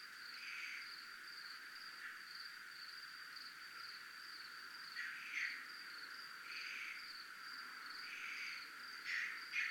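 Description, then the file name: Cricket giving a continuous high trill of rapid, even pulses, joined now and then by brief lower buzzy bursts and a few faint chirps. Recorded in a military zone. "zona militar crickets"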